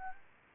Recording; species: mosquito wingbeat signal from an infrared sensor; Anopheles arabiensis